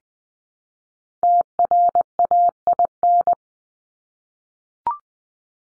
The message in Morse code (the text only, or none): TRAIN